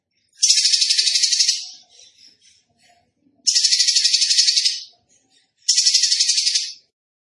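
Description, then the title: Bird song of three rasping pulsed trills, each about a second long, separated by brief quiet twitters. Tembakan bird singing vigorously (gacor), used for training cage birds. "Masteran Burung Tembakan Gacor"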